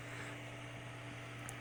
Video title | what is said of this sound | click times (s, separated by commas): Home Server 6Gb To 10Gb Ram Update OUR $40 HOME SERVER | sure you line it up in the slot top and bottom and slowly apply pressure until you hear it click then go to the other side and do the same | 1.5 s